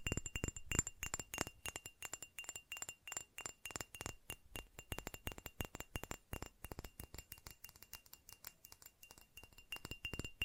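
Fast fingernail tapping on a hard surface, a dense and continuous stream of sharp clicky strikes with little pause. The taps have a glassy, clinking quality with a faint ringing tone that persists throughout, and the pace stays busy and slightly irregular for the whole ten seconds.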